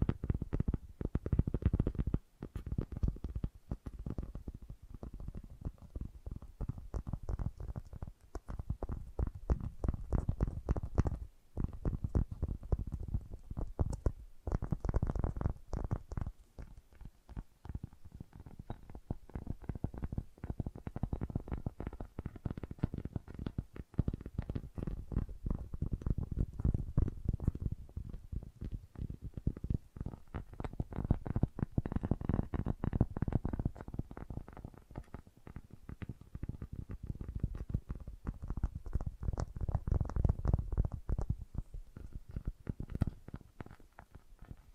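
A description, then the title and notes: Fast tapping runs continuously for the whole stretch, a dense stream of quick, sharp strikes too rapid to count. The taps sit mostly low and dull with some brighter clicks, and their loudness swells and eases in waves, dipping briefly around 2, 11 and 15 seconds. FAST TAPPING (No Talking).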